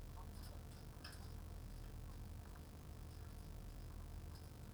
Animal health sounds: poultry house recording; sick chickens (respiratory disease)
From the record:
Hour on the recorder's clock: 16

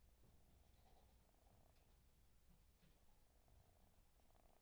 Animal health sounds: poultry house recording; sick chickens (respiratory disease)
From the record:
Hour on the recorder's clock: 22

